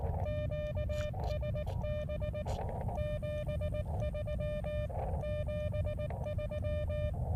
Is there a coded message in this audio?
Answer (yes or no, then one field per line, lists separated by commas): yes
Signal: Morse code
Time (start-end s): 0.3-7.1 s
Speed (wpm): 18 wpm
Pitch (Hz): 600 Hz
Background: none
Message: QSB 73 73